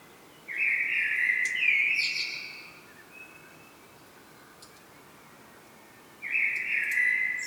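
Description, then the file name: Common blackbird singing a rich fluted phrase with a high scratchy flourish, then a pause of several seconds before the next warbled phrase starts. "Turdus merula"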